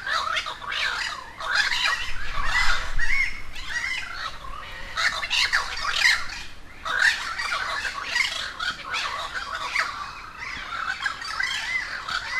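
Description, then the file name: Crows in a noisy chorus, rough caws and squawks crowding together, over a low rumbling background. A gathering of many crows at Humboldt Park, Cuba. "aaron ximm-humbold park cuba-convocation of crows"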